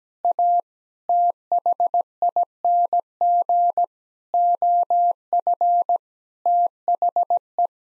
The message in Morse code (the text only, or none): A THING OF THE